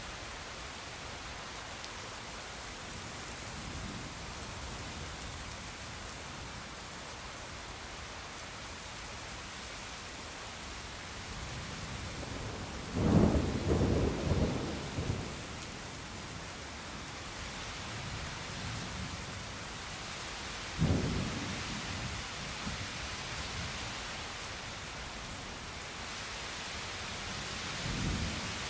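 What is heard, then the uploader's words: A thunderstorm with steady, dense rain hissing throughout. Low thunder rumbles in swells, loudest around 13 to 15 seconds, with another sharp rumble near 21 seconds and a softer one building at the end. Thunderous Delight: Podcast of Rolling Thunderstorms.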